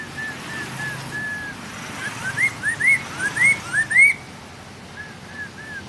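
Bird singing a quick series of several rising whistled notes, each sliding upward, over a faint low background rumble.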